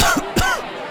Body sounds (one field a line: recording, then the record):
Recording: coughing mixed with background sound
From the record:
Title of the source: Coughing 51